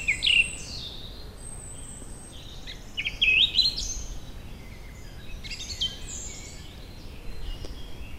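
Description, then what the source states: Song Thrush song, loud varied whistled and chirping phrases in short bursts separated by pauses, with faint background hiss. Sings in the darkness of summer nights; called the nightingale of the north and often confused with the thrush nightingale, both having loud voices.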